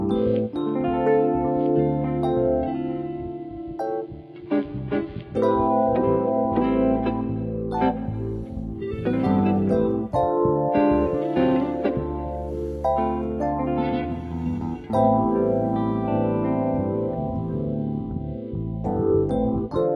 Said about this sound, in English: The main keys are them two, you hear, the C7th and D minor 7th.